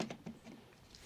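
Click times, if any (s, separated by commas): none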